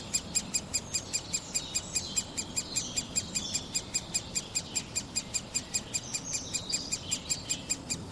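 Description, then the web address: Great spotted woodpecker giving clipped, high ticking notes in a rapid, even series over a soft low hum. "chant didier collin pic epeiche"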